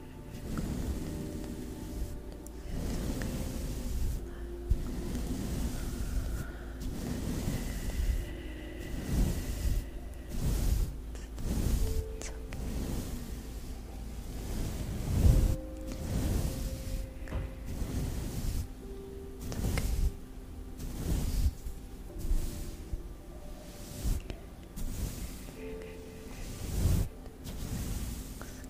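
Plucking sounds and unintelligible whispers come as soft, breathy bursts roughly every second or two over a steady low rushing hiss. Faint held tones drift in and out, and a few sharper clicks stand out near 15 and 27 seconds.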